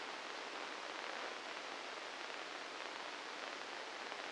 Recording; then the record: brain microelectrode recording played as sound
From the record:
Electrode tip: inside the subthalamic nucleus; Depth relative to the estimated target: 2 mm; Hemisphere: left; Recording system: NeuroSet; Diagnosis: Parkinson's disease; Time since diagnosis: 9 years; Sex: male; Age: 61 years